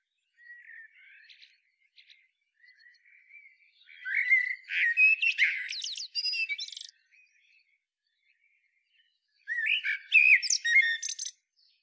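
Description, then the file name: Common blackbird opening with soft, quiet whistled notes, then a loud rich warbling phrase with high squeaks, a pause, and a final burst of fluty and shrill notes. "Turdus merula"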